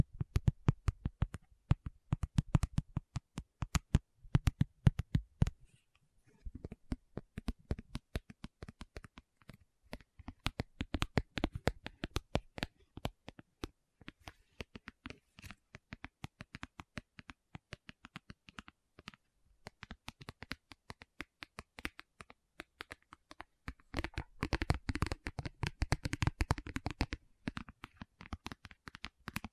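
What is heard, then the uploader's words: Quick, dense tapping fills the whole stretch: fingertip taps and light clicks land in rapid bursts, sometimes sharp and bright, sometimes softer and scratchier. There is a short pause near six seconds, and the tapping grows busier and louder again after twenty-four seconds. ASMR 1 Hour Tapping Session (No Talking).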